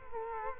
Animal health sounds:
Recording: mosquito wingbeat signal from an infrared sensor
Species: Culex quinquefasciatus

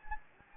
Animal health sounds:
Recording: mosquito wingbeat signal from an infrared sensor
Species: Anopheles gambiae

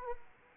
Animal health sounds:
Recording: mosquito wingbeat signal from an infrared sensor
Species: Anopheles arabiensis

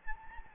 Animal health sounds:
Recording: mosquito wingbeat signal from an infrared sensor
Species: Anopheles gambiae

